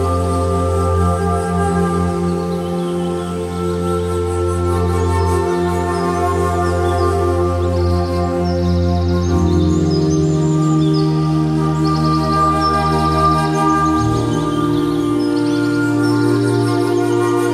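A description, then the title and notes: Flute music plays over a chorus of birds, built on long held tones at an even, steady level. The underlying notes shift around nine and fourteen seconds, while quick, bright bird chirps flicker through the upper range throughout. Flute Music With Birds. This is some beautiful relaxing flute music to the background of a concert of birds.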